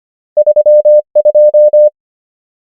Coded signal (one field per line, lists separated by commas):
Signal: Morse code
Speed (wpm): 25 wpm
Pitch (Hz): 600 Hz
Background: none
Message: 3 2